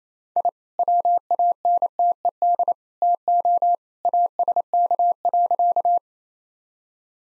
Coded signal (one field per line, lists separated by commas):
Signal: Morse code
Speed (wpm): 27 wpm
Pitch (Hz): 700 Hz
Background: none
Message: I WANTED TO ASK.